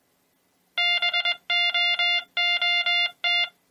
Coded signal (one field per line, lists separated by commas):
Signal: Morse code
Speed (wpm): 21 wpm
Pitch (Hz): 2800 Hz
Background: music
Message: BOOT